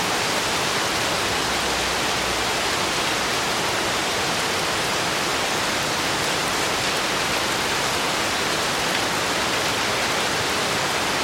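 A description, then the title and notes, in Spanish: Rain falls steadily in a dense, even wash of hiss, with no breaks or separate drops standing out. The sound is bright and full, spread evenly from low to high, and stays at the same level throughout, with a faint low rumble underneath. Una Ducha de Lluvia Purificadora. Grabados en el corazón de las Tierras Altas de Escocia. La sinfonía de un aguacero suave pero profundo. El sonido constante y rítmico de la lluvia.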